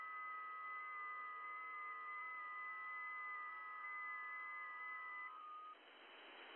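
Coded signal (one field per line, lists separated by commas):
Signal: FT8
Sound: several overlapping steady warbling tones stepping slowly in pitch over hiss, ending after five seconds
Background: radio static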